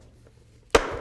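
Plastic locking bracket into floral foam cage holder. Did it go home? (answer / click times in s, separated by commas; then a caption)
yes / 0.8 s. A plastic locking bracket, lined up with the hole below, is snapped into a floral foam cage holder. After near silence, a sharp pop at 0.8 s is followed by a brief rattling tail. The bracket locks into place so the foam won't fall out.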